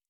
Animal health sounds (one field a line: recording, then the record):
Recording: hydrophone in a shrimp aquaculture tank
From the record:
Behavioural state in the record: normal